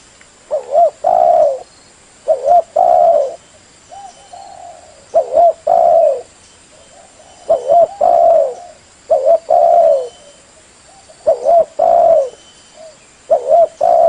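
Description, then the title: Spotted dove calling steadily: several phrases of two or three soft, rounded coos, with faint quiet notes in the gaps. Master recording of the call for training birds, described as clear quality. "SUARA BURUNG DERKUKU MASTERAN BURUNG SUARA DERKUKU KUALITAS JERNIH Vubey"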